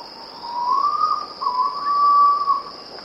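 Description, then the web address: Red-bellied pitta calling with a drawn-out, low whistle in two sustained sections, gently rising, against a constant high-pitched insect hum. "wroblowe ptaki erythropitta erythrogaster"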